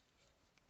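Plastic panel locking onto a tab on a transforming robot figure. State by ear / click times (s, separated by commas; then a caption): seated / 0.6 s. A folded-down plastic panel on a transforming robot action figure is pressed over a small tab during transformation. After a low, steady background, a faint, sharp snap is heard at 0.6 s as the panel locks in place.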